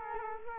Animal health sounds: mosquito wingbeat signal from an infrared sensor; Culex quinquefasciatus

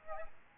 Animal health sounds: mosquito wingbeat signal from an infrared sensor; Aedes albopictus

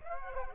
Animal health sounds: mosquito wingbeat signal from an infrared sensor; Aedes aegypti

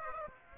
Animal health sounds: mosquito wingbeat signal from an infrared sensor; Aedes aegypti

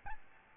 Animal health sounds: mosquito wingbeat signal from an infrared sensor; Aedes albopictus

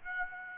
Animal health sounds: mosquito wingbeat signal from an infrared sensor; Aedes aegypti

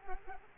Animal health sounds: mosquito wingbeat signal from an infrared sensor; Culex quinquefasciatus

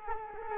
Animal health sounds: mosquito wingbeat signal from an infrared sensor; Culex quinquefasciatus

